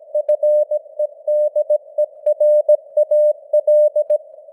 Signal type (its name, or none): Morse code